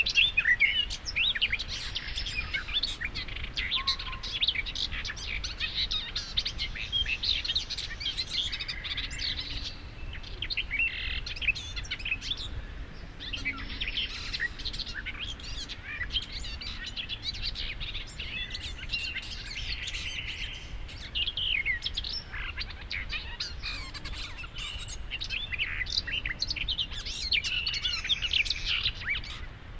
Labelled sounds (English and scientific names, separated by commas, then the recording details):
Garden Warbler (Sylvia borin) song
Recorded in the wild
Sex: male
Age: adult
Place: Hobrechtsfelder Rieselfelder, Naturpark Barnim, Berlin, DE
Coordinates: 52.6653, 13.4686
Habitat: decidous forest
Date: 2013-05-19
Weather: sunny, weak wind, 15°C
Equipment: Sound Devices 702, Sennheiser MKH 70, Rycote Windschutz
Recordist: Frommolt, Karl-Heinz